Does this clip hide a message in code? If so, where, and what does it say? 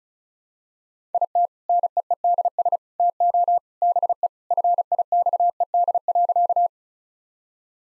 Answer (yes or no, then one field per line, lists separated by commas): yes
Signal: Morse code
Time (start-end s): 1.1-6.7 s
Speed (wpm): 36 wpm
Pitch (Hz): 700 Hz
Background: none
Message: IT NEEDS TO BE FIXED.